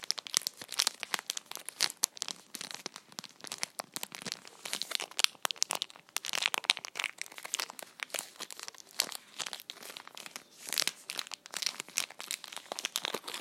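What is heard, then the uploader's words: A wrapped chocolate bar is crinkled in a soft plastic or foil wrapper, in a dense run of crackles and sharp snaps that continues for the whole clip. The sound is bright and crisp, rising and falling in small bursts. Crinkling wrapped chocolate. Crinkling a bar of chocolate in a soft plastic/foil wrapper.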